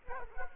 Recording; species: mosquito wingbeat signal from an infrared sensor; Culex quinquefasciatus